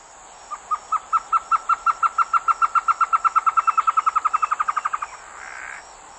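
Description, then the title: Bird song, a long steady run of many bright repeated notes at one pitch, quickening a little toward the end, then a short harsh burst before quiet hiss. "LuckyPassaro Completos2Sama"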